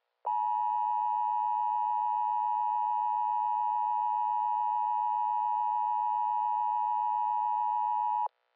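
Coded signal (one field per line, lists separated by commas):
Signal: Emergency Alert System (SAME) tones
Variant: 853 and 960 Hz attention tone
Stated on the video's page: Fake EAS scenario with valid EAS tones; simulated.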